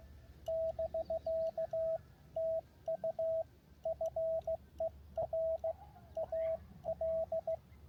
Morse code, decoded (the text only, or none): <BK> TU FER AL